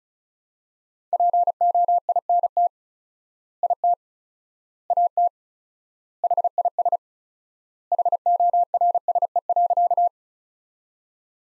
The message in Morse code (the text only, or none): POINT IT AT HIS HORSE.